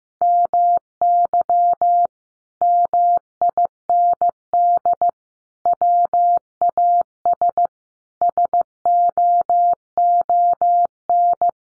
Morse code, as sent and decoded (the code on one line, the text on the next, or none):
-- -.-- / -- .. -. -.. / .-- .- ... / ... --- --- -.
MY MIND WAS SOON